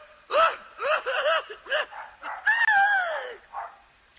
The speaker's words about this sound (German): Ein Hund, das ist ja der Hund von der Frau Heidel.